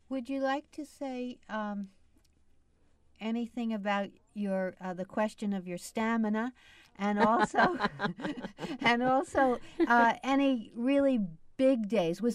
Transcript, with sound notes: Would you like to say anything about your, the question of your stamina (laughs) and also any really big days.